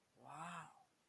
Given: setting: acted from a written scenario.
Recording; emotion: vocal sound without words; awe